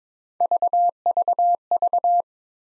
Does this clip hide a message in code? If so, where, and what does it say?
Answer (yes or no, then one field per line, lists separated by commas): no